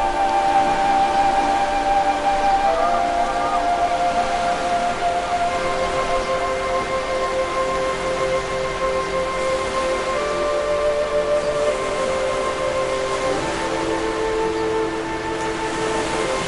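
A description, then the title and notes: Relaxing music of long, held tones that shift slowly to new pitches every few seconds, layered over a steady, dense wash like ocean waves. The level stays even throughout, with no sharp calls or sudden events standing out. Mesmerizing music and peaceful piano blend with this relaxing symphony of nature sounds.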